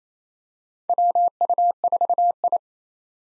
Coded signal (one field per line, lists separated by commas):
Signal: Morse code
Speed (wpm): 27 wpm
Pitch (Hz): 700 Hz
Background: none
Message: WU4I